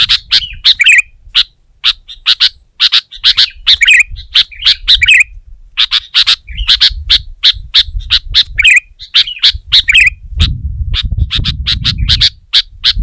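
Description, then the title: Sooty-headed bulbul singing, with quick bright chirps and brief rolling warbles in steady bursts; a low rumble swells near the end. "kutilang"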